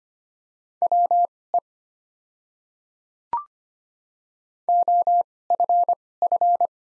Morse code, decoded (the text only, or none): WE OFF